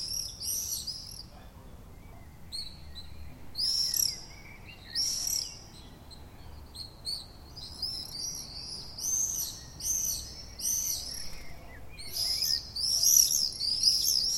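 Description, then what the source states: Common swifts giving shrill, high trilled screams in irregular bursts, growing denser toward the end. Calls recorded on 6 June 2014.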